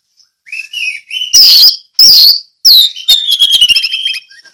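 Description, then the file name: Orange-headed thrush singing a short run of clear whistled notes, then loud harsh chattering bursts and a sliding, fluty phrase that ends in rapid twittering. Song delivered in the ngeplong style. "anis merah ngeplong"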